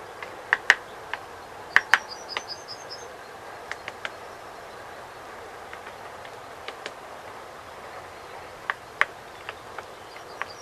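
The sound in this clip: Great spotted woodpecker calls: abrupt clicking kik notes, often doubled, spaced unevenly throughout, with a thin high trill of another bird early on.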